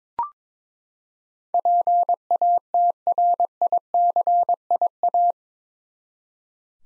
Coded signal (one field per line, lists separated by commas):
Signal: Morse code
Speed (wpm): 22 wpm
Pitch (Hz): 700 Hz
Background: none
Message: PATRICIA